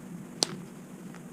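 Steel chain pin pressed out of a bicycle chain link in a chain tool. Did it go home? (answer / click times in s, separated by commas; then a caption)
released / 0.4 s. A bicycle chain sits in a chain tool, and as the tool is tensioned the steel pin is pressed partly out of the outer link plate, not all the way through. A single sharp pop sounds at 0.4 s as the pin breaks free, followed by a faint tick at 1.2 s over a low steady hum. The pin has popped loose in the chain tool.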